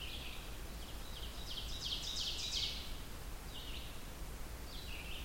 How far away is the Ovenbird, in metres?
about 50 m